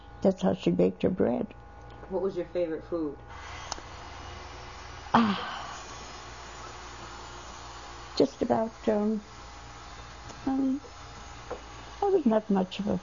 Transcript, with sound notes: that's how she baked her bread.
What was your favorite food? ( electric saw heard in the background )
Just about, I was not much for,